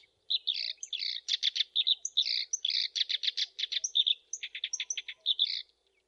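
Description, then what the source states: Black-browed reed warbler song: a continuous run of harsh, scratchy chattering notes and short buzzy trills, interspersed with thin high whistles, over a quiet background. Masteran training recording.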